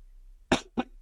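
Two short, abrupt coughs about a quarter second apart from an adult man on day 10 of COVID, in a quiet room.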